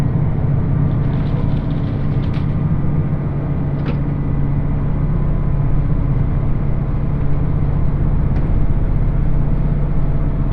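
Inside the Uwakai express train running from Iyo-Ōzu to Uwajima, a steady low rumble continues with a few brief clicks near seconds 2, 4, and 8.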